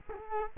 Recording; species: mosquito wingbeat signal from an infrared sensor; Culex quinquefasciatus